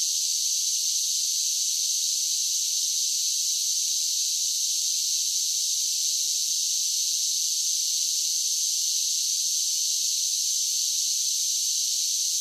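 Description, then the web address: Cicadas singing, a steady, unbroken high-pitched buzzing drone that holds an even loudness throughout, with no other sounds. Several cicadas singing together. "Blastwave INSECTS Cicadas Sing"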